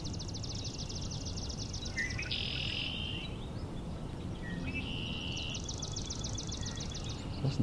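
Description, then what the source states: Swamp Sparrow song, a fast high trill at the start and again near the end, with short buzzy notes between and low background rumble. Several swamp sparrows singing in the morning.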